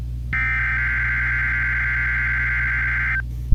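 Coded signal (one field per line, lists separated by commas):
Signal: Emergency Alert System (SAME) tones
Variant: header bursts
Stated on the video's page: Required weekly test received on a NOAA weather radio.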